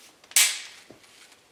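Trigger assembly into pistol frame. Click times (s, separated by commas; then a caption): 0.4 s. A trigger assembly is pushed forward into the polymer frame of a Kel Tec PR-5.7 pistol during reassembly until it seats. A couple of faint ticks come first, then a sharp, bright click at 0.4 seconds that decays quickly, followed by a soft low thump near 0.9 seconds. The trigger assembly clicks home and is fully seated.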